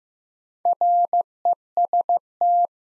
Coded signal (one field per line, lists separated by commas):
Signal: Morse code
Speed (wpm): 16 wpm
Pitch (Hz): 700 Hz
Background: none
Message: REST